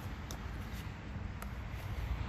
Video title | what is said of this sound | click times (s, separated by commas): Hyundai Santa Fe 2.5L Spark Plug and Ignition Coil Change Replacement 2021 and Others Similar | You can hear it snap and then lock it in place. | 0.3 s, 1.4 s